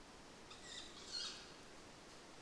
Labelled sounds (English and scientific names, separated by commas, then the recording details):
Tawny Owl (Strix aluco)
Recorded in Germany
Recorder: ecoPi